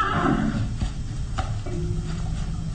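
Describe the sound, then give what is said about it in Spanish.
A horse lets out a loud, shrill whinny at the start, then a few sharp hoof clops ring out over a low, steady rumble, with no one speaking. “ahora utilizaremos nuevamente esos caballos para ir a visitar a Lucas Van Toren”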